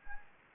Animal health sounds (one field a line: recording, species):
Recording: mosquito wingbeat signal from an infrared sensor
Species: Anopheles gambiae